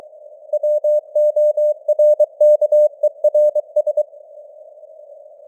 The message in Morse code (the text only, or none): WORKERS